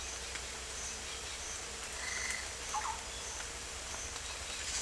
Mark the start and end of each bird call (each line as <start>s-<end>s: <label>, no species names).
2.00s-2.95s: bird call